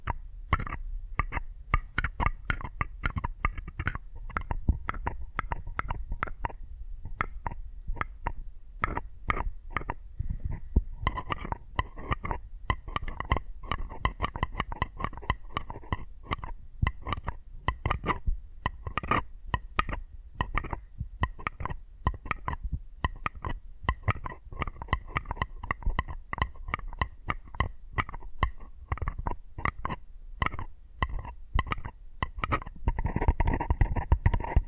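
Rapid tapping fills the whole clip, dense clusters of sharp taps with short pauses between bursts. The taps have a hollow, slightly ringing quality in the middle range, and a fuller, louder stretch of tapping arrives near the end.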